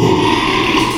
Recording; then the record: squeal of a Yucatan mini pig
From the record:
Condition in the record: after surgery on the right vocal fold (resection and tissue-engineered implant); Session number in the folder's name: 1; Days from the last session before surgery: 6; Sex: male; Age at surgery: 12 weeks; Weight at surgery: 13 kg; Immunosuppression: cyclosporine, prednisolone